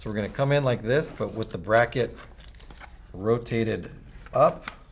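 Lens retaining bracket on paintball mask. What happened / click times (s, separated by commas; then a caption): The bracket is being handled but has not locked in yet / none. Someone talks while handling the lens retaining bracket on a Dye SE paintball mask, bringing it in with the bracket rotated up, and a few faint small clicks and rustles are heard around 2.4–2.7 s. Nothing has seated or locked into place yet.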